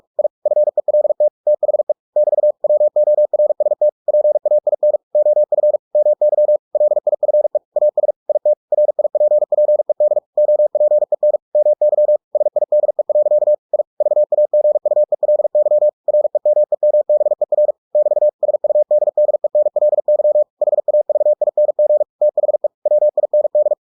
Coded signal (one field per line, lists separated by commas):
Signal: Morse code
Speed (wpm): 46 wpm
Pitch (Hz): 600 Hz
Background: none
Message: I FELT THE <BT> WORST PAIN OF MY LIFE AS IT RIPPED OPEN MY SIDE. I VAGUELY REMEMBER <BT> SUDDENLY HAVING THE WIND